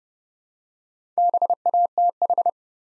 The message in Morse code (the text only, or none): BATH